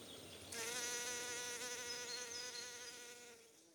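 Bumblebee buzzing in flight, a rich droning hum that starts abruptly, holds steady for about three seconds, then trails off.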